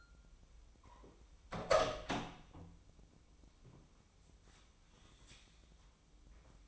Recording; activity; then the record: daily activity, microphone in the room; open door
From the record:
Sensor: 1